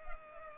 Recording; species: mosquito wingbeat signal from an infrared sensor; Culex pipiens